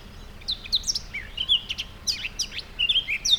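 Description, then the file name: Eurasian blackcap song, a lively mix of sharp high twitters and clear whistled slurs delivered in short, uneven bursts over light steady hiss. "Sylvia atricapilla"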